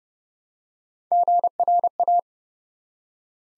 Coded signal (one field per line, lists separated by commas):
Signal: Morse code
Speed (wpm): 30 wpm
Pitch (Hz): 700 Hz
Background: none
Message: GRA